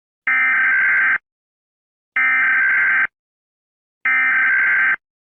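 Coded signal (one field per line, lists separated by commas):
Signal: Emergency Alert System (SAME) tones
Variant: header bursts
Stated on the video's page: Fictional EAS scenario of a hazardous material breach; not a real event.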